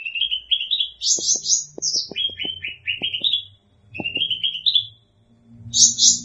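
Birdsong of rattling chirp series at varying pitches, nearly continuous, accompanied by faint low knocks and taps.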